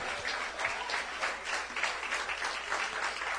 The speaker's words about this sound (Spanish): ¿Cuánto le da un aplauso de alabanza al Señor?